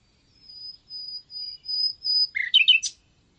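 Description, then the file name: Common nightingale song opening with a series of pure, high, drawn-out whistles that swell in loudness, ending in a sudden jumble of rich, fast notes. "Luscinia megarhynchos"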